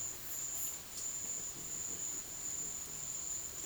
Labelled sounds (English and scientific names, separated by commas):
none